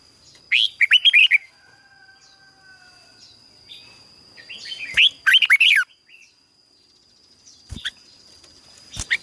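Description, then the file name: Red-whiskered bulbul with two rollicking whistled phrases a few seconds apart, followed by scattered clicks and brief notes, a steady high whine underneath. "Tieng chao mao hot"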